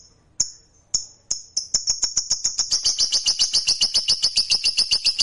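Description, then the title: Lovebird trill: a few separate clicks and thin whistles, then a fast, steady, high rattling trill that speeds up and holds for several seconds. Fighter lovebird giving the long ngekek trill. "Begitu Dengar Suara Lovebird FIGHTER NGEKEK PANJANG"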